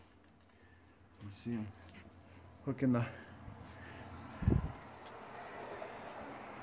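On a 1997 Ford Mustang engine swap, a fuel line quick-connect coupling is handled and lined up with its fuel rail fitting before being slid in. Someone talks, with light handling noises and a low thump near 4.5 seconds. The coupling has not been slid home yet, and nothing has clicked.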